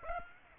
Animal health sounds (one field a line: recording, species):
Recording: mosquito wingbeat signal from an infrared sensor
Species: Aedes aegypti